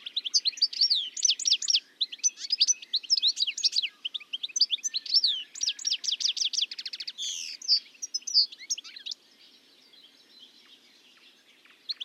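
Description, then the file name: European goldfinch delivering a long, continuous run of cheerful tinkling notes and quick trills, fading to faint twitters toward the end. "life dviete. carduelis carduelis"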